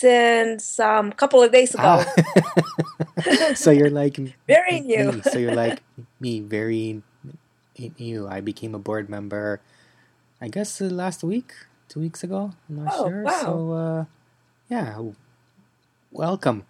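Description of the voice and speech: Two adults trade relaxed, fluent conversational speech in a small room, with a brief chuckle and natural pauses between turns. Voices are clear and steady, with ordinary rate and pitch variation and no slurring or voice strain.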